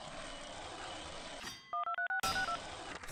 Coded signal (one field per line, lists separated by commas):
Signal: DTMF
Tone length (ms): 110 ms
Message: 1236562